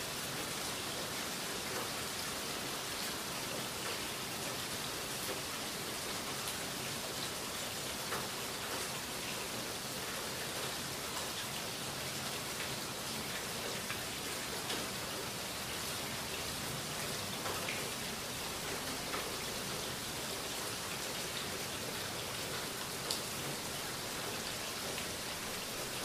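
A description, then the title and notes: Soft rain falls steadily throughout, a dense, even hiss spread from low to bright with no pauses or swells. Faint individual drop ticks stand out now and then, including a slightly sharper one near the 23-second mark. Soft rain fall.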